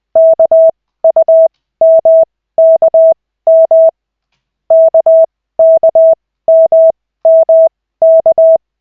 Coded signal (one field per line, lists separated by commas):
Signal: Morse code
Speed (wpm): 20 wpm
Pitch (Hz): 650 Hz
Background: none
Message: KUMKM KKMMK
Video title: Koch 2/40, 13.12.2024, 1st CW practice session